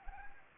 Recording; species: mosquito wingbeat signal from an infrared sensor; Anopheles gambiae